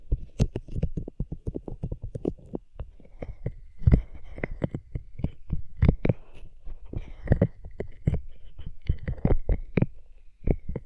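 Hands rub over ears in quick, dense bursts of soft rustling and muffled thumps, coming several times a second without pause. Deep low thuds dominate, with brighter scratchy swishes flaring every second or two, especially around 4, 6 and 9 seconds.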